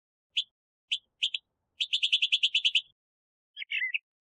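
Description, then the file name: Northern mockingbird song: scattered sharp notes, then a fast rattling run of about a dozen chirps, followed by a different warbled phrase. "Mimus polyglottos"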